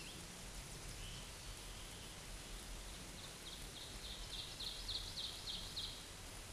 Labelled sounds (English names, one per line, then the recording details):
Ovenbird song
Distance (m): 80 m
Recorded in a Pennsylvania forest on 17 May 2023 at 12:47
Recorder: AudioMoth, point grid1_13_low
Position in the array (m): 184 m, 71 m